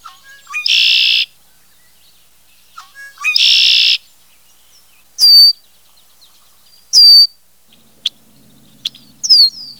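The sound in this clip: Bird calls: two harsh, buzzy bursts near the start, then a series of sharp, high, whistled notes, some sweeping downward, spaced irregularly throughout.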